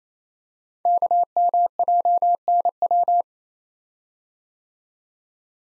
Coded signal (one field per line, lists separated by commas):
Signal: Morse code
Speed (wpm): 28 wpm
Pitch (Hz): 700 Hz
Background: none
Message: KMJNW